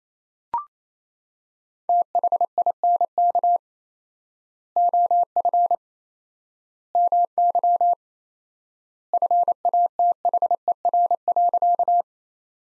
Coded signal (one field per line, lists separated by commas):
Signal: Morse code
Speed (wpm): 27 wpm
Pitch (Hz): 700 Hz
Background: none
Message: THINK OF MY FATHER.